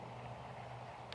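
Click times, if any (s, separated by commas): 1.1 s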